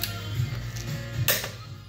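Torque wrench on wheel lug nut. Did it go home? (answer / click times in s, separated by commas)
yes / 1.3 s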